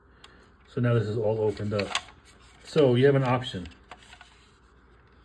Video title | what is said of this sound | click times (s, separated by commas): Star Wars Micro Galaxy Squadron Bobba Fett’s Starship | and then you can pop this up and it'll snap into place. | 0.2 s